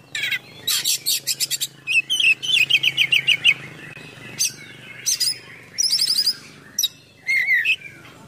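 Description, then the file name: Oriental magpie-robin song of rattling buzzy bursts and a fast series of bright looping whistled notes, followed by scratchy phrases and a final warbled slur. Bird in full song condition (gacor), with song packed with imitations of other birds (full isian). "KACER GACOR FULL ISIAN MEWAH"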